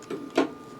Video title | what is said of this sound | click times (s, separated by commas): Setting up the CUSA- Scrub | so you slip this over two clicks always no more no less | 0.1 s, 0.4 s